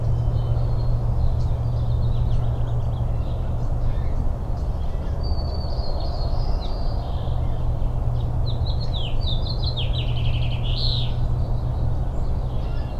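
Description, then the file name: Bird song of high, thin chirps and a quick descending run of notes near the end, over constant rain patter and hiss. Morning birdsong during rain in Richland, Washington, recorded 17 April 2008. "20080417-Morning Birds and Rain Richland WA"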